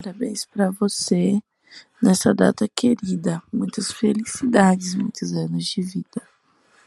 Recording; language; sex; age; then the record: short text; Brazilian Portuguese; female; 20 to 29 years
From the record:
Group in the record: control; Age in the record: 22 years